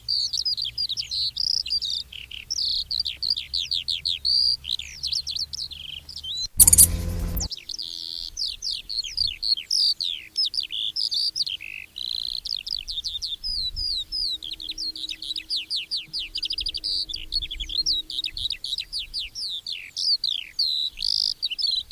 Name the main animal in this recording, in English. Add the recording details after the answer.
Eurasian Skylark. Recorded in the wild. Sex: male. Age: adult. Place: Erlangen, OT Dechsendorf, Bayern, DE. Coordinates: 49.6317, 10.9364. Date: 1964-04-02. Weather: fog (morning). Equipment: Original, Vollspur, Parabolspiegel Grampian. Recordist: Tretzel, Erwin